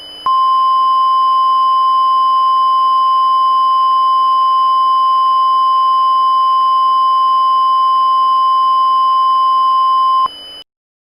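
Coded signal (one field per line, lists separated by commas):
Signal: Emergency Alert System (SAME) tones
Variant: 1050 Hz attention tone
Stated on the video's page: Fictional EAS scenario whose valid EAS tones can activate special receivers; not to be played over live radio.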